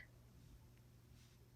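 A new interchangeable plastic free-motion sole is slid along the guide path of a Bernina 5 Series sewing machine's BSR stitch-regulator foot, with quiet handling and faint ticks over a steady low hum. The sole has not clicked into the foot yet, so nothing has seated.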